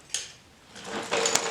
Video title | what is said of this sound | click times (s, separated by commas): Woodcraft Stator Cover Install: 2015+ Yamaha R1 (Pt 2/2) | Slide them both in until you hear that positive click. | 0.1 s, 1.4 s